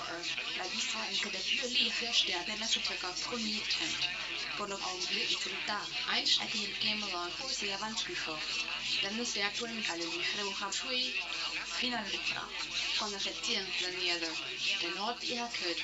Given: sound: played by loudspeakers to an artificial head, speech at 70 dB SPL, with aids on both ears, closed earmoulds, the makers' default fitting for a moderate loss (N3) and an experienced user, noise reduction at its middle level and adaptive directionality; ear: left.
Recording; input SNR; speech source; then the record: speech test signal (ISTS) in cocktail-party noise; +9 dB; on the right (90 degrees)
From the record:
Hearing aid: class 1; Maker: A